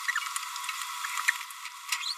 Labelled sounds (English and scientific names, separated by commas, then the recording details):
Green-rumped Parrotlet (Forpus passerinus) babbling
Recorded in a nest box in Venezuela
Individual 18B25A4